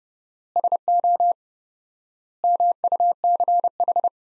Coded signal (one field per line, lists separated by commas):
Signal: Morse code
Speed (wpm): 32 wpm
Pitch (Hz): 700 Hz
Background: none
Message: SO MUCH